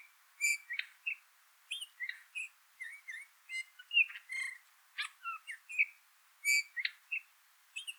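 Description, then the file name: Eurasian bullfinch giving short whistled and slightly buzzy notes around a steady mid pitch, some falling, in quick irregular bursts throughout. "Pyrrhula pyrrhula"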